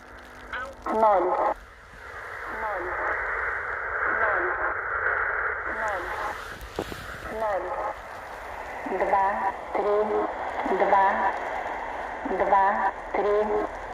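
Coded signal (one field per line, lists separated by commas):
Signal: numbers station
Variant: S06s and E11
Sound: short evenly spaced spoken words, possibly two voices, through shortwave radio hiss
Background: radio static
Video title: SW DX - 2 Numbers Stations received simultaneously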